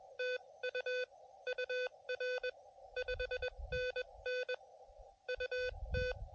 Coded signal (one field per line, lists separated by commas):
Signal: Morse code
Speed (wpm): 20 wpm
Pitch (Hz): 530 Hz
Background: none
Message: TU UR 5NN UT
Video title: QRP CW POTA